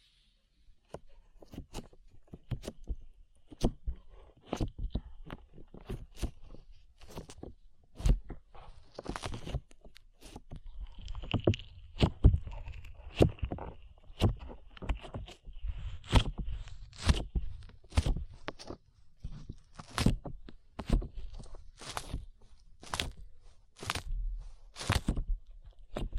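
Sticky slime being squished and pulled, with sharp clicking pops repeating about every half second to a second through the whole stretch. Between the pops come soft wet squelches and low thuds, busiest from about ten to sixteen seconds, with a faint whistly tone drifting underneath.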